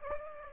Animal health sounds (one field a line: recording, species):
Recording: mosquito wingbeat signal from an infrared sensor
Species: Aedes aegypti